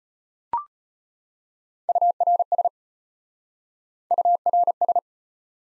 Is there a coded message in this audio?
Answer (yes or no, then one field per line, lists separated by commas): yes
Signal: Morse code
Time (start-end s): 1.9-5.0 s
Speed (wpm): 33 wpm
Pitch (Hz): 700 Hz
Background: none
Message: URS URS